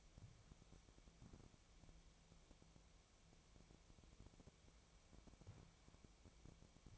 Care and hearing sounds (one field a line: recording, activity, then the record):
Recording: daily activity, microphone in the room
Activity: wipe stove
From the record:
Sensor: 1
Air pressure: 1001.6 hPa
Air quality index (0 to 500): 217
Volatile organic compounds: 27 ppm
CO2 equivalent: 2889 ppm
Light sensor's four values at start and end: 7/28/10/11 and 7/28/10/11